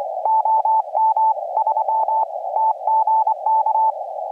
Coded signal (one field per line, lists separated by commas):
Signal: Morse code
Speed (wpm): 23 wpm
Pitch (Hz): 880 Hz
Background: none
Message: OM3TGK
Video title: DX Bonanza!! on Decoded CW POTA Activation using my FT-891